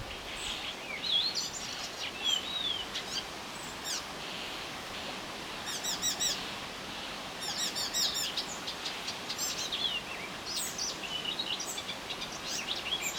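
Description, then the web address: Icterine warbler song: varied chattering and whistled notes, with rapid repeated stacked notes around six and eight seconds, delivered almost without pause. "linnut kultarinta"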